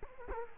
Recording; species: mosquito wingbeat signal from an infrared sensor; Culex quinquefasciatus